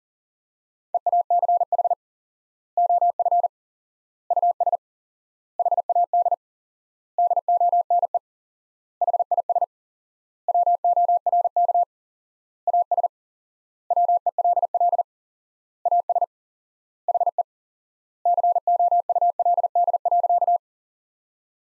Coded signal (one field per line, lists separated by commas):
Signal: Morse code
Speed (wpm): 40 wpm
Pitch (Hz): 700 Hz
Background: none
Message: EACH OF US HAD DONE HIS WORK AS WELL AS HE COULD.